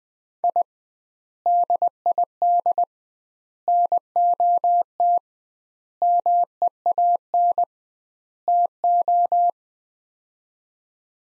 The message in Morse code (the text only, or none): I DID NOT MEAN TO